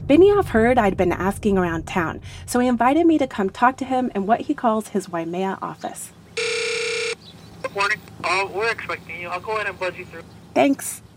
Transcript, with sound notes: Benioff heard I'd been asking around town, so he invited me to come talk to him in what he calls his Waimea office.
(SOUNDBITE OF RINGBACK TONE) Good morning. We're expecting you. I'll go ahead and buzz you through.
Thanks.